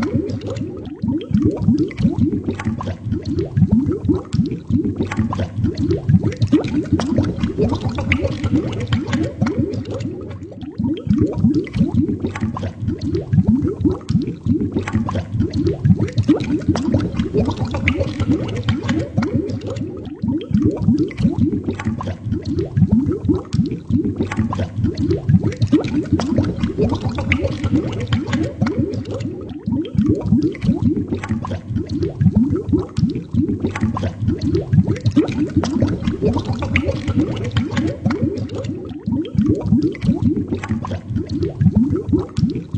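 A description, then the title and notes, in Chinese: Bubbling water fills the whole stretch, a dense, steady stream of small pops and gurgles packed closely together, like a pot at a rolling boil or air bubbling through liquid. The sound sits low and full, with faint splashy crackle above and no pauses. 泡泡声。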